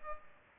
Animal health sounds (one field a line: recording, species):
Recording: mosquito wingbeat signal from an infrared sensor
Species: Culex pipiens